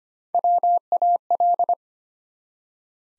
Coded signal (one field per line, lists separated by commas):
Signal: Morse code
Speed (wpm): 25 wpm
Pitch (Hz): 700 Hz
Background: none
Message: WAL